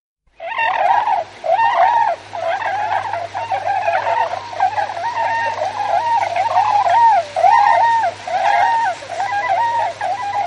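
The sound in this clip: Tundra swans in a dense chorus of woodwind-like, wavering hoots, many calls standing out amid constant overlapping calling and a low hum.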